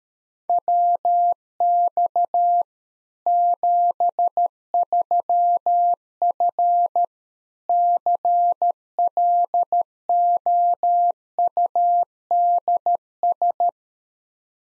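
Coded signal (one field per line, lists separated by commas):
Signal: Morse code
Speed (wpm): 13 wpm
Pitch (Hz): 700 Hz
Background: none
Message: WX 73F CLOUDS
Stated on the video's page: Practice QSO drill at 13 wpm covering rig, antenna and weather information exchange, for head-copying.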